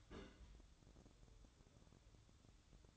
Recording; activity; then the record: daily activity, microphone in the room; place on stove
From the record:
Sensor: 3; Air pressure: 1008.0 hPa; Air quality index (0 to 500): 130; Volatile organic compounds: 2 ppm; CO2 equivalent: 1079 ppm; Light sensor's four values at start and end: 8/20/8/7 and 8/20/8/7